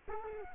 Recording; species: mosquito wingbeat signal from an infrared sensor; Culex quinquefasciatus